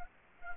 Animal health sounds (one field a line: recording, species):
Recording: mosquito wingbeat signal from an infrared sensor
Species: Culex quinquefasciatus